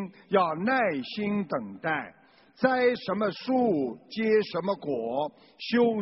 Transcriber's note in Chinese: none